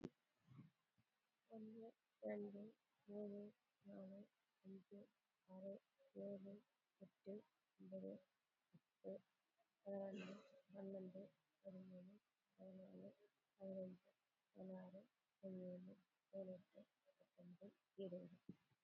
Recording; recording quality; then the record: counting at a normal pace; excellent, no background noise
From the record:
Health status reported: COVID-19 positive, moderate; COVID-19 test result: positive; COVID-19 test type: RT-PCR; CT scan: not taken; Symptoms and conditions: cough, fever, muscle pain, loss of smell and taste, hypertension, diabetes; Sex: female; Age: 54 years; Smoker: no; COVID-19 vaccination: both doses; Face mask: worn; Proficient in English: yes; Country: India